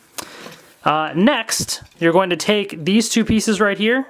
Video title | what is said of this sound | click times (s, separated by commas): Voyager Optimus Prime Review [Transformers: The Last Knight] | so this folds back clicks into place just like so okay | 0.2 s